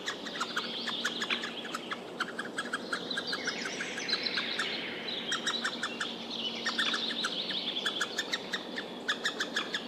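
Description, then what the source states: White-backed Woodpecker begging, quick bursts of high sharp chirps with longer thin wavering calls above, over a constant low background hum. Nestlings begging with the parent answering; recorded decades ago in late May beside the Pajulahti road in Nastola, Finland.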